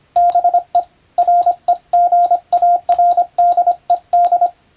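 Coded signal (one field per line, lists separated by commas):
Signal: Morse code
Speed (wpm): 25 wpm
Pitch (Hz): 700 Hz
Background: radio noise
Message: BE REGARDED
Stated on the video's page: Morse receiving practice modeled on ship-to-shore telegram traffic, using a European-language telegram practice book; playback speed adjustable.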